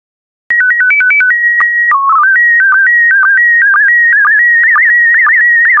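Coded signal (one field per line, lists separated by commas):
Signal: SSTV (slow-scan television)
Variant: PD120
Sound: short stepping header beeps, then a warbling whistle with a quick chirp about twice a second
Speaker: complete. You can now check your decoded image against the picture that is shown on the video.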